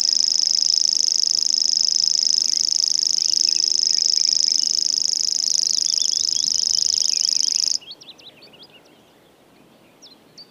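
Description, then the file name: Common grasshopper warbler reeling song: a steady, high, insect-like buzz held without a break for about eight seconds, then it stops; a few faint bird chirps follow. "Grashoppsangare"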